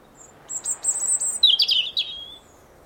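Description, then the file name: European robin singing a brief phrase of very high, thin whistled notes dropping into a lower, warbling trill. "Erithacus rubecula"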